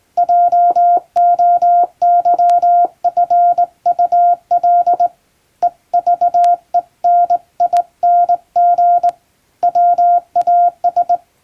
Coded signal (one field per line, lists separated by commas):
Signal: Morse code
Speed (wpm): 20 wpm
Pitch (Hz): 700 Hz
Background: none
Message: JOYFUL EVENING WAS